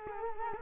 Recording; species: mosquito wingbeat signal from an infrared sensor; Culex quinquefasciatus